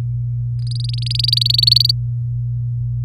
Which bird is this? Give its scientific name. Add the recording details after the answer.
Serinus canaria. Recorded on 4 May 2018 at 08:27. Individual llb16